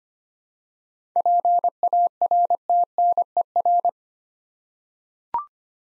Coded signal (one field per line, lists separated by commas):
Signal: Morse code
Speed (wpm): 25 wpm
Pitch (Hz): 700 Hz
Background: none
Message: PARTNER